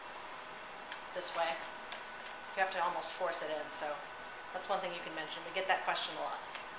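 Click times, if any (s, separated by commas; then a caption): none. A plastic reagent cartridge is handled at an instrument's reagent rack, where it slides in under a small ridge, while someone talks throughout. Brief light knocks are heard at about 0.9 s and 1.9 s. Nothing has seated or clicked yet: the cartridge is not home in the rack.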